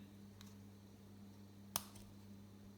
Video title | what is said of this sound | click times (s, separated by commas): Mercedes Key Fob Battery Change | make sure all clicks in place | 1.8 s